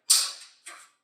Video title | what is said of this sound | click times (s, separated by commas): Low Voltage Engineering from a Tech Relativity Point of VIEW!!!! | push it in snaps | 0.1 s